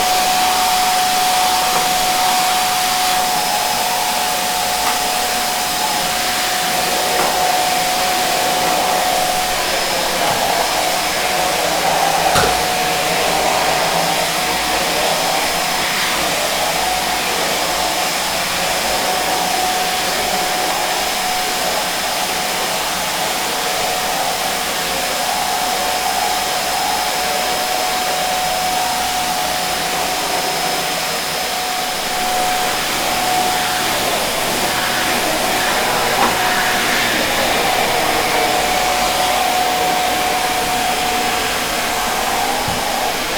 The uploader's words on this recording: SOFT WHITE NOISE SLEEP SOUNDS.